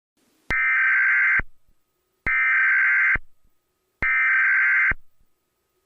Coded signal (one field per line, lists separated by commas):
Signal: Emergency Alert System (SAME) tones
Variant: header bursts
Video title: EAS scenario #01: The July Flood